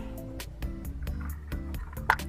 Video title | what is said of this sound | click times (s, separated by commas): Cara mengganti kabel busi mobil kia picanto | empat. Klik. Terkunci. Ini nomor empat. | 2.1 s